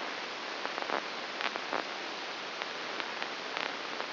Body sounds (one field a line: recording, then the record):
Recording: brain microelectrode recording played as sound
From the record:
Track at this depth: inside the subthalamic nucleus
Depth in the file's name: 4.701 mm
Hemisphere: left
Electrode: 2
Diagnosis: Parkinson's disease